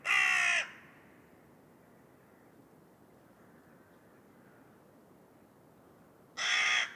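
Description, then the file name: Carrion crow giving two harsh, raspy caws, one at the start and one near the end, separated by about six seconds of quiet. "Corvus corone"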